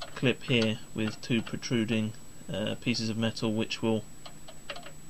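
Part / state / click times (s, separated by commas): ATX power supply retention clip in a desktop tower case / seated / 4.7 s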